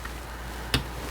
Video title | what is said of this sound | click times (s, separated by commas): $65 DIY Start9 Server Running Bitcoin Knots (Pruned) | Push it down into there. And it should snap into place. Okay. | 0.7 s